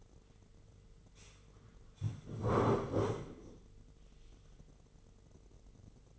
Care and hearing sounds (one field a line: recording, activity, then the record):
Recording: daily activity, microphone in the room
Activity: sit down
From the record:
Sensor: 4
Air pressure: 996.8 hPa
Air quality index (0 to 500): 240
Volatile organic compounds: 334 ppm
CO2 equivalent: 4552 ppm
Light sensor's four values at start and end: 44/108/44/44 and 44/108/44/44